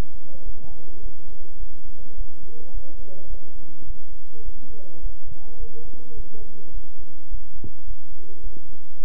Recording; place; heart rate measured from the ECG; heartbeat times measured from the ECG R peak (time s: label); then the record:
heart sounds by stethoscope; between the tricuspid and mitral areas; 105 bpm
0.44 s: heartbeat
1.01 s: heartbeat
1.58 s: heartbeat
2.15 s: heartbeat
2.72 s: heartbeat
3.28 s: heartbeat
3.85 s: heartbeat
4.43 s: heartbeat
5.01 s: heartbeat
5.58 s: heartbeat
6.15 s: heartbeat
6.72 s: heartbeat
7.29 s: heartbeat
7.85 s: heartbeat
8.42 s: heartbeat
8.98 s: heartbeat
From the record:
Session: bicycle stress test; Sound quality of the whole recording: good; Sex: male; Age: 26 years